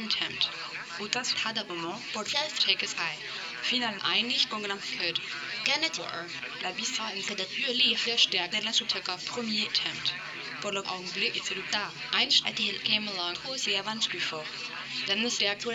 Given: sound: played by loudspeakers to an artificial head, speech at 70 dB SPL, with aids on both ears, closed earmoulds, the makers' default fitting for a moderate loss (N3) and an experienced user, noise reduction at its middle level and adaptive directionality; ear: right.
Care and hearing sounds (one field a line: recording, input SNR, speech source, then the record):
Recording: speech test signal (ISTS) in cocktail-party noise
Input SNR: +6 dB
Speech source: on the right (90 degrees)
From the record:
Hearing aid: class 1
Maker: A